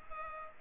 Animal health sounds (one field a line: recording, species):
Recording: mosquito wingbeat signal from an infrared sensor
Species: Culex pipiens